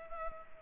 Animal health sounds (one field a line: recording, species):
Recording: mosquito wingbeat signal from an infrared sensor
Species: Culex pipiens